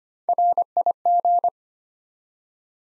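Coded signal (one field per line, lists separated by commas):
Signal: Morse code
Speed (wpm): 25 wpm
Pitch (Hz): 700 Hz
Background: none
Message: RIG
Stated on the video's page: Morse code head-copy practice at 25 wpm of common QSO elements, each sent, spoken, then sent again.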